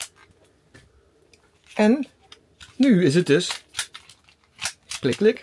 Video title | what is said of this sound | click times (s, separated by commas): #324 Genieten op dorpscamping Gemert - Fietsen, wandelen en véél eten | Aan de andere kant klik ik nog zo'n ding in en nu is het | 0.0 s